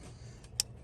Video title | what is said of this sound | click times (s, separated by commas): Diagnosing Bad Actuator : The Fix! | back in until you hear that little snap | 0.6 s